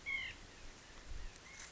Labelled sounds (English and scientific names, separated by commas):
White-breasted Nuthatch (Sitta carolinensis)